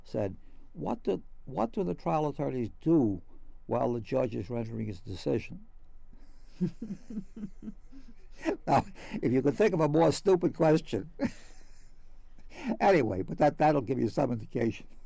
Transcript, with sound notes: said "What do — what do the trial attorneys do while the judge is rendering his decision?" [Laughs] Well, if you can think of a more stupid question. Anyway, but that — that will give you some indication.